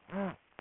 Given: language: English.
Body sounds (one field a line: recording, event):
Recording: throat vibration sensor signal played as sound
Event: throat clearing